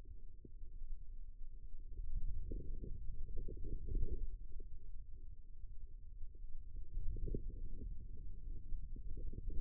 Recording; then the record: forearm muscle sounds (acoustic myography)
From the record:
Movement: ulnar deviation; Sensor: system 2, bracelet of six BSWA MPA416 microphones around the upper forearm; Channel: 3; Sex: female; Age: 25 years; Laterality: right